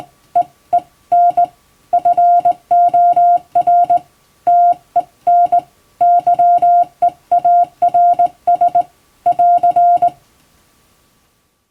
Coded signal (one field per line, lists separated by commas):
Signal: Morse code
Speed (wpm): 20 wpm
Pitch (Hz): 700 Hz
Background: none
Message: E E N FOR TEN YEARS <AR>